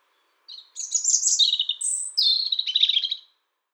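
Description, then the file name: European robin song, one rapid phrase of thin, high, tumbling notes and trills, shifting up and down in pitch, lasting about three seconds. "Erithacus rubecula"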